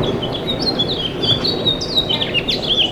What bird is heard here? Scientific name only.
Haemorhous mexicanus